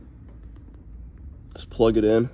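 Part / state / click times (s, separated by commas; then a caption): wire spade connector onto kill switch terminal / not seated / none. A black wire's spade connector is held and lined up at the terminal of a kill switch on a Coleman minibike before being pushed on. Only faint handling ticks are heard before someone talks near the end. Nothing has seated or clicked yet.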